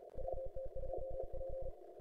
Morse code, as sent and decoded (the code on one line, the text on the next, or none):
.-- - ..--- .--.
WT2P